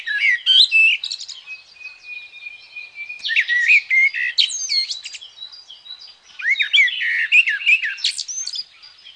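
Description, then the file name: Common blackbird song with twittering opening notes, then a long steady whistled tone, followed by further varied fluty and scratchy phrases. "Merel"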